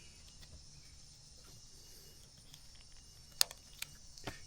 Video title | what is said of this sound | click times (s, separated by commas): Wiring up Auxiliary LED Tail Lights on a JEEP Gladiator! | Hear that click? That's how you know everything's waterproof and it is connected. | 3.4 s